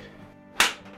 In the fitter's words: There we go. You can hear that snapping into place now.